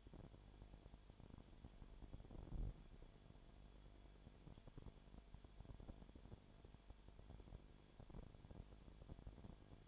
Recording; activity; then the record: daily activity, microphone in the room; no activity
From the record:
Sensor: 5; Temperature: 20.0 degrees Celsius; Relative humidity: 37.1%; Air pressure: 1007.4 hPa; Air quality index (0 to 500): 83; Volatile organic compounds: 1 ppm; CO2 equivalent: 951 ppm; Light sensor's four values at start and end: 2/3/1/1 and 2/3/1/1